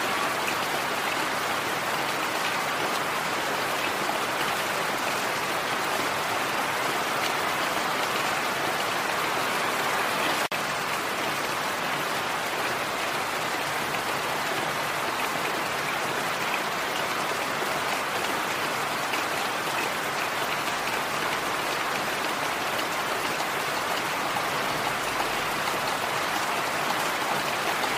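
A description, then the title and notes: Steady, dense rain hisses without pause, thick with fine drops that sound bright and crisp. The level stays even throughout, with a brief tick near ten seconds and no thunder, wind or other sounds behind it. Spiritual Rain Meditation. Rainfall,rain,soft-rain,puddle.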